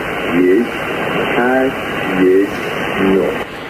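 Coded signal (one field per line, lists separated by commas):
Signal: numbers station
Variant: Farsi-language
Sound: four short, evenly spaced spoken words through steady shortwave hiss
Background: radio static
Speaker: You can find numbers stations on shortwave right now. This is a numbers station in Farsy. This is a Farsy number station.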